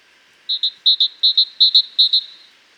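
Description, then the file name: Great tit singing a bright, high two-note phrase, repeated five times at a steady, brisk pace against a quiet background. "Parus major"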